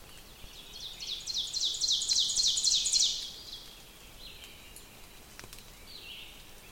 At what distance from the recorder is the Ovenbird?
about 30 m